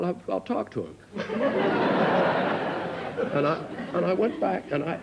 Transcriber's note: laughter